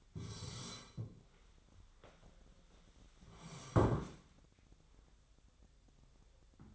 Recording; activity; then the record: daily activity, microphone in the room; sit down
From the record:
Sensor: 3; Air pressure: 1015.2 hPa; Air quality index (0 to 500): 179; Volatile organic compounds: 17 ppm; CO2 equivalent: 2573 ppm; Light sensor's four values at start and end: 13/33/13/14 and 15/38/15/16